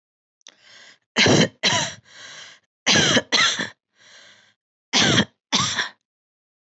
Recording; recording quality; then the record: shallow voluntary cough; excellent, no background noise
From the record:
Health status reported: healthy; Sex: female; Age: 55 years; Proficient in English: yes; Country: India